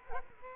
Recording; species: mosquito wingbeat signal from an infrared sensor; Culex quinquefasciatus